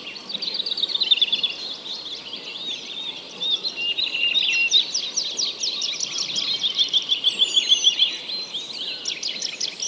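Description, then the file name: Many birds singing at once; rapid chirps and buzzy trills overlap, with a fast repeated twitter series near the end. Many birds singing together. "Digiffects Sound Effects Library - Many Birds Singing"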